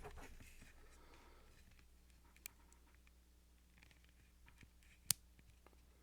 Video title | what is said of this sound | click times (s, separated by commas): Repair and Replace Speakers | hear that all right so there's an audible click when you hear that click | 5.1 s